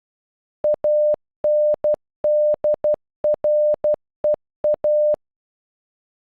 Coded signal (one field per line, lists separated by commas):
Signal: Morse code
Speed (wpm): 12 wpm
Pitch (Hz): 600 Hz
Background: none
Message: ANDREA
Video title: Andrea in Morse code